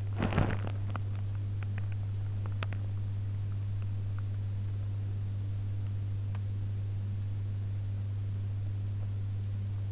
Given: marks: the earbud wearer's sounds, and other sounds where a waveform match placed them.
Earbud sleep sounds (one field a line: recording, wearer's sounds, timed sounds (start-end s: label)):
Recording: sounds in sleep by an in-ear microphone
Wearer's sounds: body movement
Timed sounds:
0.00-1.10 s: body movement